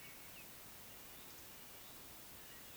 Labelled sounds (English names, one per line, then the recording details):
Eurasian Woodcock whistle
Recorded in Baden-Württemberg, Germany, on 16 June 2020 at 19:33 UTC
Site 45520, 595 m above sea level